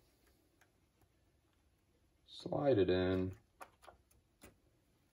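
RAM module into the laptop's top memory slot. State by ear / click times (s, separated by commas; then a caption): not seated / none. A second RAM module is slid at an angle into the top memory slot of a 2012 MacBook Pro during a RAM and SSD upgrade, not yet pushed down. Someone talks briefly around 2.4 to 3.3 seconds, followed by a few faint light ticks around 3.6 to 4.5 seconds over a quiet background. The module has not seated or clicked yet.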